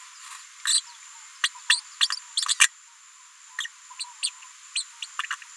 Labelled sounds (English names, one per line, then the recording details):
Green-rumped Parrotlet babbling
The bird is a female
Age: 36 days
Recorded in a nest box in Venezuela
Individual 17B73B4